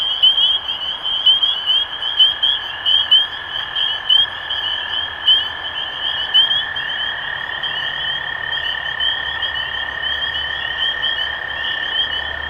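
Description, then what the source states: Dense spring peeper chorus of high, sharp peeps repeating continuously, with a steady lower tone running throughout. Recorded 23 March 2012.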